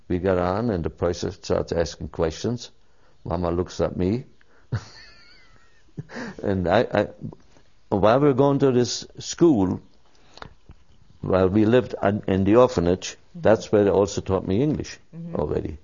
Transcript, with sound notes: We got on, and the person starts asking questions, mama looks at me - (laughs) and I -- I - w - while we were going to this school - while we lived at - in the orphanage, that's where they also taught me English, already.